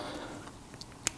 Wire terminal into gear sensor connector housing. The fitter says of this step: into the plug. Then I have a click like that.